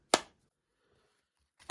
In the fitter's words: well that's a nice satisfying click